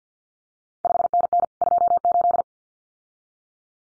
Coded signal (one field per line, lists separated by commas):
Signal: Morse code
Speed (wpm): 50 wpm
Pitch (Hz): 700 Hz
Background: none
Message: 5NN 28